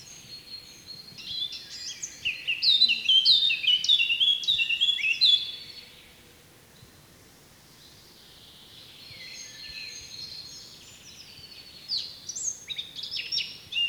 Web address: SETE data Sylvia atricapilla